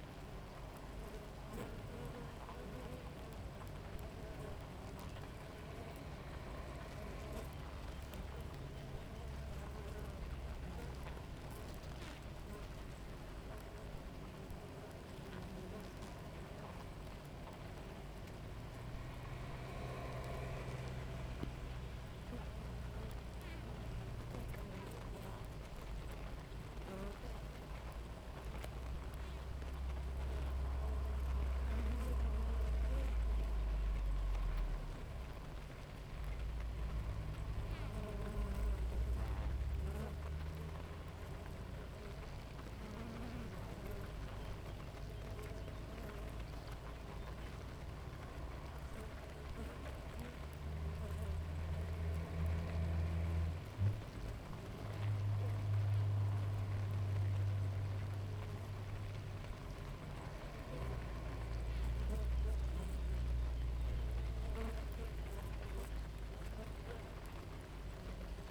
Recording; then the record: honeybee colony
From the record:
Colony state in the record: active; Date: 28 July 2017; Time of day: 6:51